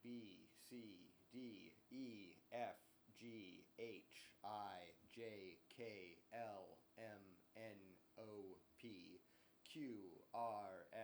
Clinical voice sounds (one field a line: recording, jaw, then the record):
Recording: letters of the alphabet, spoken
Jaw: free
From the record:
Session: seven days later